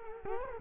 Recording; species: mosquito wingbeat signal from an infrared sensor; Culex quinquefasciatus